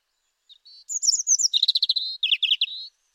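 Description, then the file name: European robin song phrase: soft opening notes, then a sparkling run of high twittered notes, lower rapid trills and a final rising whistle. "Erithacus rubecula"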